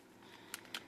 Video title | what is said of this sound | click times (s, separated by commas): Video Review of the Transformers Prime (RiD) Voyager Class: Bulkhead | and this part is actually a bit of a pain because you have to line all these tabs up push them all so that they all pop into place | 0.5 s, 0.8 s